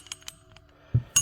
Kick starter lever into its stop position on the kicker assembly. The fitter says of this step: it does have a decent amount of snap to it still I mean it it snaps into place